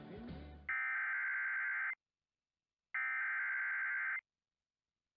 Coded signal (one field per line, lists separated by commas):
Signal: Emergency Alert System (SAME) tones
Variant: header bursts